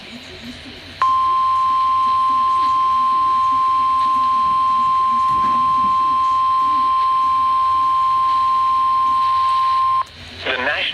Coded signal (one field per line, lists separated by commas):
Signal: Emergency Alert System (SAME) tones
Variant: 1050 Hz attention tone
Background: speech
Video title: 2019 NATIONAL TEST + SEVERE WEATHER | 8/7/2019 (EAS #525-42)